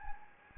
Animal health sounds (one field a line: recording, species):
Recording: mosquito wingbeat signal from an infrared sensor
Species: Anopheles gambiae